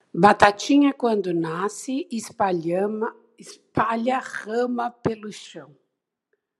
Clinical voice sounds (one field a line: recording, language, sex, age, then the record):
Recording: short text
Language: Brazilian Portuguese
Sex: female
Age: 60 to 69 years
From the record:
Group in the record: control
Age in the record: 60 years